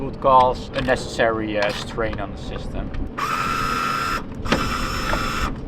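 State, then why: Not seated. Someone talks while working on the belt system of a boat engine, handling a belt-system part that is being fitted onto the engine. Two bursts of steady, high-pitched mechanical whirring follow, the second starting with a sharp sound at about 4.5 s. The part has not seated or clicked into place yet.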